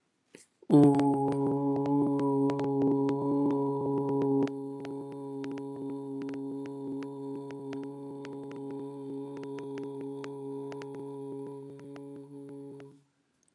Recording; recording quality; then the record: sustained vowel as in boot; excellent, no background noise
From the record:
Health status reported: healthy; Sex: male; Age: 20 years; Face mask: not worn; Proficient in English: yes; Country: India